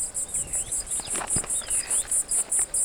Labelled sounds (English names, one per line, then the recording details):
Superb Starling flight call
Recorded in Kenya